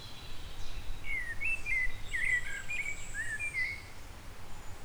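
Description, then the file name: Eurasian blackbird sings a long, continuous fluted warble of varied rolling notes that are laced with faint high twitters, over low background rumble. "Turdus merula"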